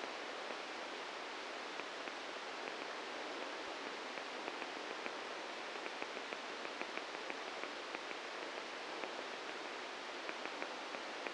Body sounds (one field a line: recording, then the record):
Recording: brain microelectrode recording played as sound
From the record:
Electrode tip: outside the subthalamic nucleus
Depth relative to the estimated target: 3 mm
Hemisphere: right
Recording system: NeuroSet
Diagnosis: Parkinson's disease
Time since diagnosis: 7 years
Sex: male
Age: 44 years